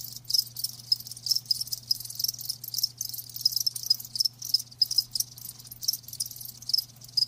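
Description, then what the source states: Crickets chirp in fast high-pitched pulses that swell and fade in short bursts, a low continuous hum beneath. Live crickets chirping with a lulling song.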